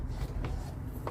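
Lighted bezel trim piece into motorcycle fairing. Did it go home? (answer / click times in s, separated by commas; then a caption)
yes / 0.4 s, 1.1 s. A plastic piece of a Cycle Visions Illumabezel lighted bezel trim is pressed into place on the fairing of a Harley Davidson Road Glide motorcycle. Over a low, steady rumble, two short, sharp snaps are heard at about 0.5 s and 1.1 s as the trim piece clicks in and seats.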